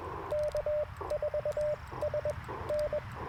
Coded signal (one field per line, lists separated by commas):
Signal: Morse code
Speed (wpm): 23 wpm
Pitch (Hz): 590 Hz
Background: radio noise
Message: K4SN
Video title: Morning Morse Code - 11/11/2024